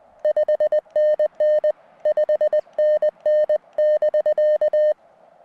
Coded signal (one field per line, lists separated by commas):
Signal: Morse code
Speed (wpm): 20 wpm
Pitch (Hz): 610 Hz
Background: none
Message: 5NN 5NN<BK>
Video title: Out-of-State SOTA activation - Bridger Peak